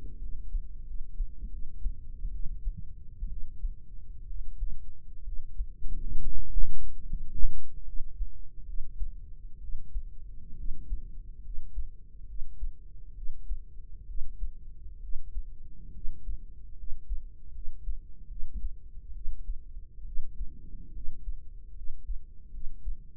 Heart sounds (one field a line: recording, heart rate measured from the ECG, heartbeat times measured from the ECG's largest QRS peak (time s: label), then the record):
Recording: heart sounds by microphone in the right ear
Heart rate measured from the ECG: 70 bpm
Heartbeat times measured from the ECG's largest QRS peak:
0.19 s: heartbeat
0.84 s: heartbeat
1.49 s: heartbeat
2.31 s: heartbeat
3.28 s: heartbeat
4.25 s: heartbeat
5.23 s: heartbeat
6.20 s: heartbeat
7.06 s: heartbeat
7.84 s: heartbeat
8.64 s: heartbeat
9.59 s: heartbeat
10.55 s: heartbeat
11.41 s: heartbeat
12.25 s: heartbeat
13.13 s: heartbeat
14.05 s: heartbeat
14.99 s: heartbeat
15.91 s: heartbeat
16.75 s: heartbeat
17.51 s: heartbeat
18.26 s: heartbeat
19.12 s: heartbeat
20.03 s: heartbeat
20.91 s: heartbeat
21.73 s: heartbeat
22.50 s: heartbeat
From the record:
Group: healthy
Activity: rest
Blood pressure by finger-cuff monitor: 106/69 mmHg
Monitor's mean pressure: 80 mmHg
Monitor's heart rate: 70 bpm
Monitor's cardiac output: 5.5 L/min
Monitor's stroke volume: 80 mL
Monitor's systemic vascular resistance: 1030 dyn s/cm5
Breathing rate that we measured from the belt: 12 breaths a minute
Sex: female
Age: 23 years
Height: 160 cm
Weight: 50.4 kg